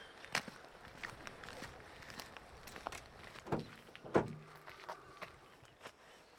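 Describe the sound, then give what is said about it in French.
Footsteps of people walking away from the microphones outdoors by ivy and mudflats, a string of soft, irregular scuffs and crunches over quiet background hiss, with a couple of heavier thuds midway through. No one speaks. “Là, on va s'éloigner, donc les oiseaux vont revenir dans le lierre, et puis les autres vont arriver sur les vasières.”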